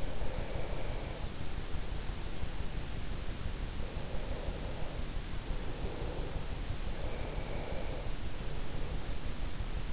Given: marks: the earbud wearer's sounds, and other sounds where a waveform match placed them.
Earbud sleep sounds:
sounds in sleep by an in-ear microphone; breath
0.00-2.42 s: breath
3.71-6.30 s: breath
6.94-9.25 s: breath

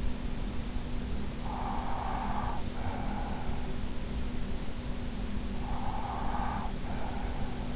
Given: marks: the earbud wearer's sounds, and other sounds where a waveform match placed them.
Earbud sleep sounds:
sounds in sleep by an in-ear microphone; breath
1.11-3.73 s: breath
5.34-7.76 s: breath

